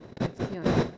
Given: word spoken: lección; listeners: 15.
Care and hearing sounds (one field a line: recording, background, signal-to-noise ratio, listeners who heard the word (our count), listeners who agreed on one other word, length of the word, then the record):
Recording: one Spanish word in noise, from a listening test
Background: noise modulated by one talker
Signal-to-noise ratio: -12.0 dB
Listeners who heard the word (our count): 1 of 15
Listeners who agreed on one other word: 6 of 15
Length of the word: 0.58 s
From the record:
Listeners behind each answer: 6, 2, 1, 1, 1, 1, 1, 1, 1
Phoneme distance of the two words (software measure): 17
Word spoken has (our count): 2 syllables, 7 phonemes, stress on syllable 2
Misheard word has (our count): 2 syllables, 6 phonemes, stress on syllable 2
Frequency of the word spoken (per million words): 19.55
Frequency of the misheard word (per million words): 208.37